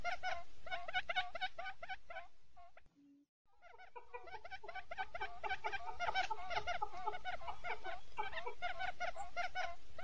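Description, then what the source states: Quail giving rapid, repeated nasal clucks in a crowded overlapping chorus, broken by a short silence near the three-second mark. Male quail.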